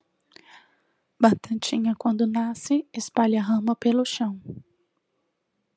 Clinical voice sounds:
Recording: short text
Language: Brazilian Portuguese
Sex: female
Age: 40 to 49 years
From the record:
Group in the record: control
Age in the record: 40 years

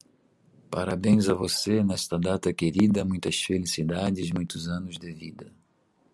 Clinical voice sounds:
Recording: short text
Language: Brazilian Portuguese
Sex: male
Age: 40 to 49 years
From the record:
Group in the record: control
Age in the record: 45 years

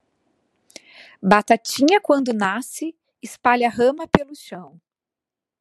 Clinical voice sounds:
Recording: short text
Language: Brazilian Portuguese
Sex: female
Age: 40 to 49 years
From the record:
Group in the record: control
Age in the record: 41 years

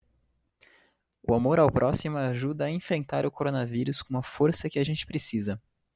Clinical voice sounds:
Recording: spoken sentence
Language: Brazilian Portuguese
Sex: male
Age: 20 to 29 years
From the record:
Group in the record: control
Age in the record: 22 years

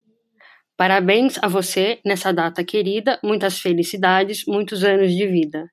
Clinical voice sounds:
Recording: short text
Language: Brazilian Portuguese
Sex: female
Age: 40 to 49 years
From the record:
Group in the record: control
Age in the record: 44 years

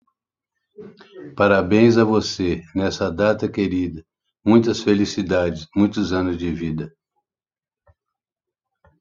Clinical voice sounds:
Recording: short text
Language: Brazilian Portuguese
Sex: female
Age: 20 to 29 years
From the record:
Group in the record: control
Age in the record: 27 years

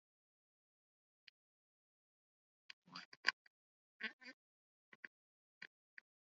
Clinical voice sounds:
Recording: short text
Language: Brazilian Portuguese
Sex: female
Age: 70 to 79 years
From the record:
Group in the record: control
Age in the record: 70 years

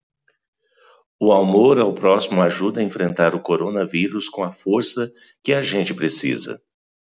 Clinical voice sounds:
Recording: spoken sentence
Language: Brazilian Portuguese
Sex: male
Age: 50 to 59 years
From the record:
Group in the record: control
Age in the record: 55 years

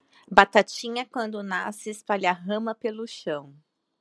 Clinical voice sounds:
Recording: short text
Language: Brazilian Portuguese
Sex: female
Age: 20 to 29 years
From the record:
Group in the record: control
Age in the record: 29 years

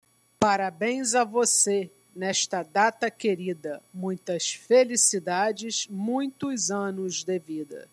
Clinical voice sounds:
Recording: short text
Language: Brazilian Portuguese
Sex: female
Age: 40 to 49 years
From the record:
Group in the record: control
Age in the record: 48 years

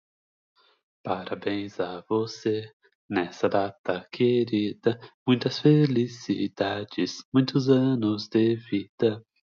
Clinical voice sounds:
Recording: short text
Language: Brazilian Portuguese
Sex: male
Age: 20 to 29 years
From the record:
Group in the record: control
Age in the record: 24 years

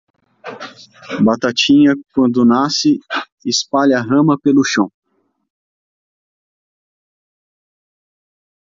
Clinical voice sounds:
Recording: short text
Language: Brazilian Portuguese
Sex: male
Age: 30 to 39 years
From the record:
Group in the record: control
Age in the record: 38 years

